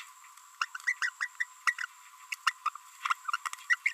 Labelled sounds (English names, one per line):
Green-rumped Parrotlet babbling